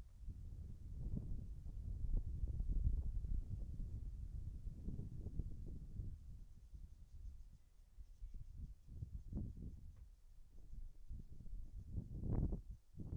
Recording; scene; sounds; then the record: everyday scene through a hearing-aid microphone; wind on the microphone; wind, birds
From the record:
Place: in front of a rural house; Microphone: behind the ear, right, rear